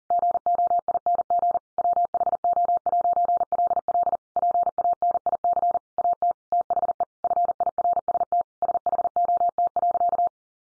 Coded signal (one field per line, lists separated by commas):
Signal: Morse code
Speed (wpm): 40 wpm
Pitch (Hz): 700 Hz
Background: none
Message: GOING WHO'LL PANIC AT THE FIRST SHOT.